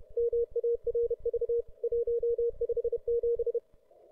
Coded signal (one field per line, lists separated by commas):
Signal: Morse code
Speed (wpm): 30 wpm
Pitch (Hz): 530 Hz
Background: none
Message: MARV 157